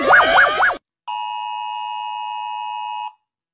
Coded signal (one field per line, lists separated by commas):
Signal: Emergency Alert System (SAME) tones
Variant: 853 and 960 Hz attention tone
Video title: Rating eas alerts